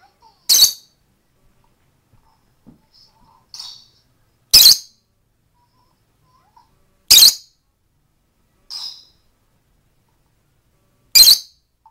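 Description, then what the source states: Lovebird chirping: four sharp, shrill squeaks a few seconds apart, with softer short chirps between them and quiet gaps otherwise. Female lovebird singing to herself.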